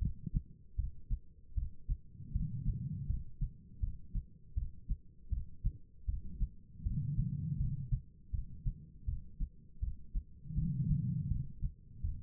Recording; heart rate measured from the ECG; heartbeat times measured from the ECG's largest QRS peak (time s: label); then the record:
heart sounds by stethoscope; 80 bpm
0.76 s: heartbeat
1.55 s: heartbeat
2.32 s: heartbeat
3.07 s: heartbeat
3.80 s: heartbeat
4.55 s: heartbeat
5.30 s: heartbeat
6.06 s: heartbeat
6.83 s: heartbeat
7.57 s: heartbeat
8.31 s: heartbeat
9.06 s: heartbeat
9.80 s: heartbeat
10.55 s: heartbeat
11.28 s: heartbeat
12.01 s: heartbeat
From the record:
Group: healthy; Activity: rest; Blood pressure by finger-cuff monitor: 157/111 mmHg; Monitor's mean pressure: 127 mmHg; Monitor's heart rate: 80 bpm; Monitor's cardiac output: 4.4 L/min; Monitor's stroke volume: 55 mL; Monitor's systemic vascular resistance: 2160 dyn s/cm5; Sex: female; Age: 51 years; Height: 162 cm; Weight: 70.04 kg